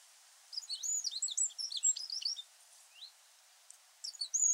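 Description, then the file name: Eurasian wren song: a sudden, dense burst of shrill, rapid twittering notes, a brief lull, then more high notes at the end. "Troglodytes troglodytes"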